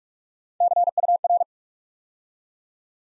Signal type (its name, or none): Morse code